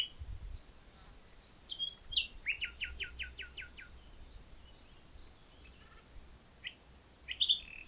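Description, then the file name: Common nightingale song, quiet varied phrases with a rapid run of repeated sharp notes, then high whistles and short chirps spaced over several seconds. "Luscinia megarhynchos"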